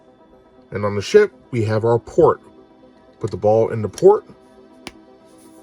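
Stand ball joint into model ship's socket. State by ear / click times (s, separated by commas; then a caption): seated / 4.9 s. Someone talks while the ball on top of a stand pylon is pressed into the port under a die-cast Hot Wheels Star Wars Starships Select #8 Imperial Shuttle model, with soft steady music underneath. A small, sharp suction click is heard at 4.9 s as the ball joint seats in the ship's port.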